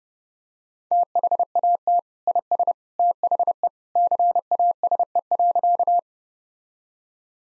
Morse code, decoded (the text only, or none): THAT IS THE CASE.